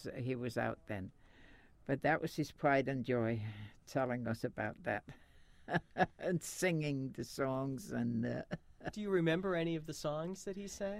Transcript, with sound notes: That was, he was out then. But that was his pride and joy, telling us about that (she laughs) and singing the songs (she laughs)
Do you remember any of the songs that he sang?